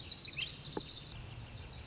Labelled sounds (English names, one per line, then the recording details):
Lazuli Bunting
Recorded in Sonoma County, California